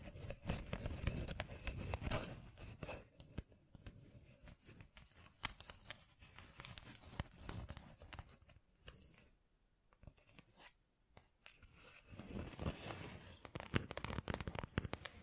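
Gem-covered fingertips tap and scratch in quick, dense bursts, the scratching gritty and bright. The activity is busiest at the start and again after about twelve seconds, thinning to scattered taps in the middle with a near-silent pause around nine to eleven seconds.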